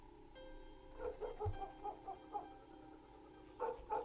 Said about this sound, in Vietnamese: Có tiếng chó cắn ma nhấm nha nhấm nhẳng ở đâu đó vang lên.